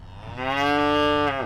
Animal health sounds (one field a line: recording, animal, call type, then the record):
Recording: contact call of a hoofed animal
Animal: cattle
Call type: low-frequency (closed-mouth) or high-frequency (open-mouth) call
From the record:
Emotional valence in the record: negative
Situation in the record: full separation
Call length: 1.46 s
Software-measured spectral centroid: 1910 Hz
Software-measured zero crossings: 1840 a second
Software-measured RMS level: -23 dBFS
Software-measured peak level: -13 dBFS